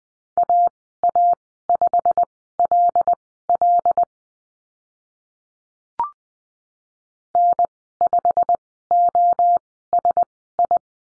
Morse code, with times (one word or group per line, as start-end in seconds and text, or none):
0.4-4.0 AA5LL
7.3-10.8 N5OSI